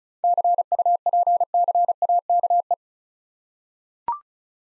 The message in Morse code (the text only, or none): CUPCAKE